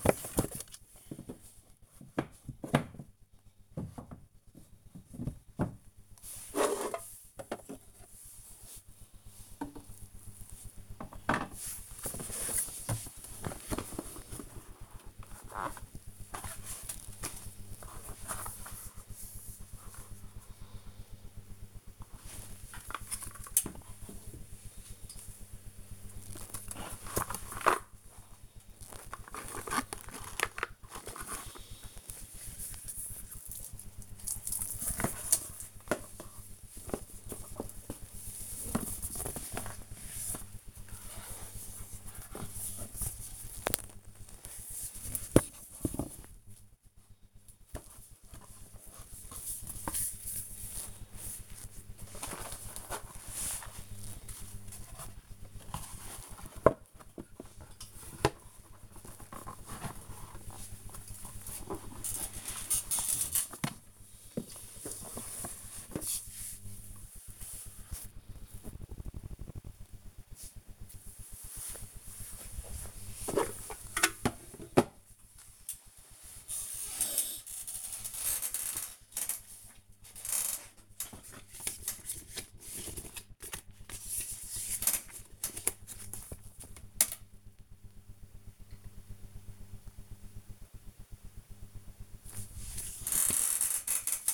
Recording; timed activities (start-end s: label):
household activities, microphone on the right wrist
0.00-56.55 s: sorting documents
59.58-94.34 s: sorting documents